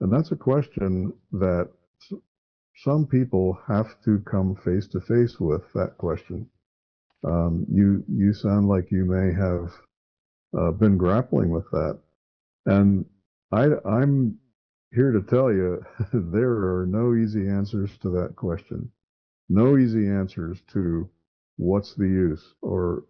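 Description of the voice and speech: A low-pitched man speaks fluently in a calm, steady voice with natural pauses; ordinary speech.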